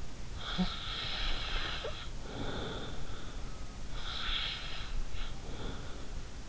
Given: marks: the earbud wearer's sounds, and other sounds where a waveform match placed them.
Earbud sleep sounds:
sounds in sleep by an in-ear microphone; snoring breath
0.39-3.52 s: snoring breath
4.00-6.33 s: snoring breath

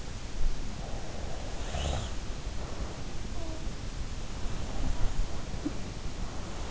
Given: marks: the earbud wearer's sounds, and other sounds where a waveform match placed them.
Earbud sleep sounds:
sounds in sleep by an in-ear microphone; snoring breath
0.63-3.02 s: snoring breath
1.65-6.71 s: sound from someone else or the room

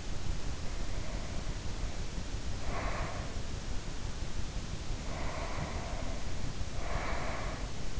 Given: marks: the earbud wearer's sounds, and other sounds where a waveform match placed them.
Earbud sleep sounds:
sounds in sleep by an in-ear microphone; breath
0.50-3.52 s: breath
4.85-8.00 s: breath

